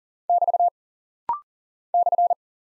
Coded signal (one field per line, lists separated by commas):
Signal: Morse code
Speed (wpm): 38 wpm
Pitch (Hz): 700 Hz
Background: none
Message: <BT> /